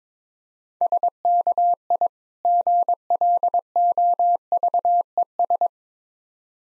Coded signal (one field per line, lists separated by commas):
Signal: Morse code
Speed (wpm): 24 wpm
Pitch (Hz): 700 Hz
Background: none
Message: SKI GLOVES